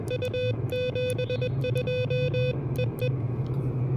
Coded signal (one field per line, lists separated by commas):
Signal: Morse code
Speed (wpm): 20 wpm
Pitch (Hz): 2500 Hz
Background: music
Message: U 72 EE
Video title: KH1 Super Portable POTA: Testing the new Elecraft KHRA1 Right-Angle Antenna Adapter!